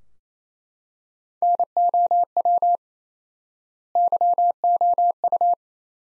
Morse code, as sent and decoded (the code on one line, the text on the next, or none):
-. --- .-- / -.-- --- ..-
NOW YOU